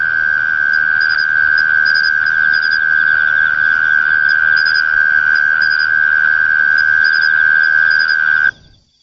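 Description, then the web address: Mole cricket singing a sustained, level, high trill that runs without pause and then stops sharply near the end. "sikioto insect kera"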